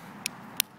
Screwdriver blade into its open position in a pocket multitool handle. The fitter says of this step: comes all the way out and locks snap really snaps into place it's not a lock back but it does SNAP into place pretty decent